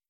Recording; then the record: hydrophone in a shrimp aquaculture tank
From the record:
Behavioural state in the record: starved